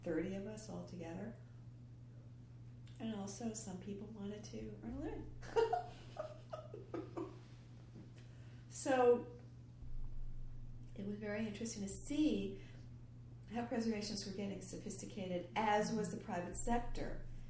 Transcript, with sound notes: Thirty of us altogether? Some people wanted to earn a living. [laughs] It was very interesting to see how preservationists were getting sophisticated, as was the private sector.